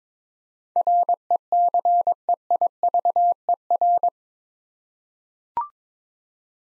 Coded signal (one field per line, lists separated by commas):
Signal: Morse code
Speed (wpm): 23 wpm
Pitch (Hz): 700 Hz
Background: none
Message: RECEIVER